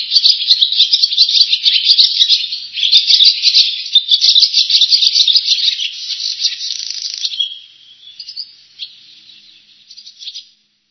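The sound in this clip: Barn swallow twittering: a fast, dense, scratchy chatter of high notes for about seven seconds, then a few scattered twitters fading out.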